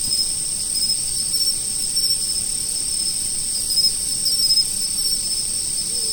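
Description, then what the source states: Insects in a steady chorus, two continuous high shrill bands with faint pulsing bursts overlaid, a dense unbroken trilling that never pauses. Autumn insects.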